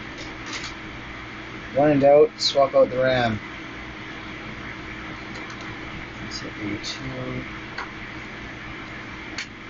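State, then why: Seated. A new stick of RAM is pressed into a motherboard DIMM memory slot during a server swap, over a steady hum, while someone talks briefly near the start. Two sharp ticks follow at 7.8 s and 9.4 s as the retention latches snap closed, and the module is seated.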